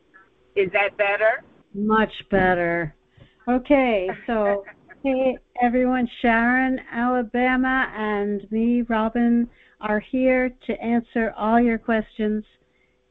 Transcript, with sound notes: Is that better?
Much better. Okay.
(laughs)
So, hey, everyone, Sharon, Alabama, and me, Robin, are here to answer all your questions.